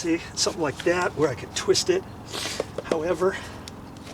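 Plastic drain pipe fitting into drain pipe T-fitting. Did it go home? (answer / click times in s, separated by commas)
yes / 3.7 s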